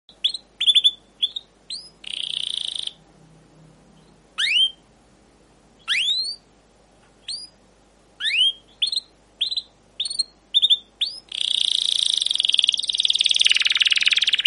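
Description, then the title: Canary song: bursts of sharp upswept chirps and short buzzy phrases separated by pauses, ending in a long, steady buzzing roll. Captive canary with a long, continuous 'cuit cuit' chirping song, used as a lure and master song to teach young canaries to sing. "PANCINGAN Kenari GACOR PANJANG Cuit CUIT EMOSI ini AMPUH utk MASTERAN Kenari PAUD belajar BUNYI"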